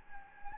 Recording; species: mosquito wingbeat signal from an infrared sensor; Anopheles gambiae